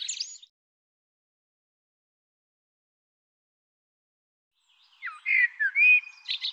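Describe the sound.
Bird song: a brief twitter at the start, then after a long silence a jumbled phrase of whistled and chattering notes.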